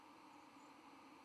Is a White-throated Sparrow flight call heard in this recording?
yes